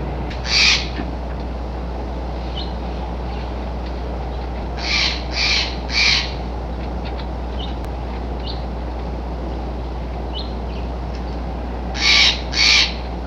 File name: STJA kwesh call